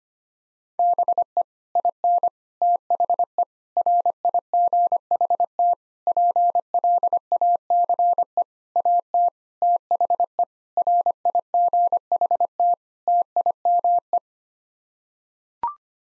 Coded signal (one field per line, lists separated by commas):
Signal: Morse code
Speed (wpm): 25 wpm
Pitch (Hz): 700 Hz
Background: none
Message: BE IN THE RIGHT PLACE AT THE RIGHT TIME